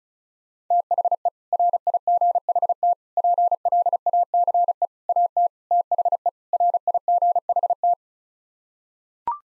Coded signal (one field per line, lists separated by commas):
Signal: Morse code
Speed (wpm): 34 wpm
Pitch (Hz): 700 Hz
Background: none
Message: THE RIGHT PLACE AT THE RIGHT